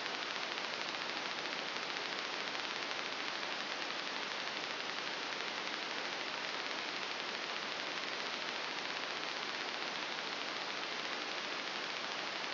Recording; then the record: brain microelectrode recording played as sound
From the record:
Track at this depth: outside the subthalamic nucleus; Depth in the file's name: 7.897 mm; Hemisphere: left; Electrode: 2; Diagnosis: Parkinson's disease